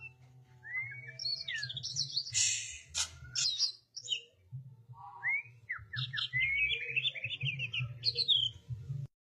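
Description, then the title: Oriental magpie-robin song with rising whistles, buzzy notes and rapid warbled phrases, broken by short pauses, over a persistent low droning hum. "Kacer"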